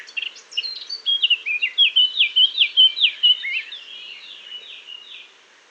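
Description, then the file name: Eurasian blackcap song: quick scratchy opening notes, then a loud, rapid series of clear fluted whistles, fading into softer twittering at the end. "Sylvia atricapilla"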